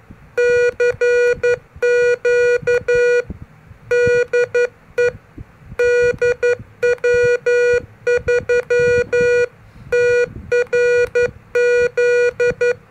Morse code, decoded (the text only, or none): CQ DE DW3TRZ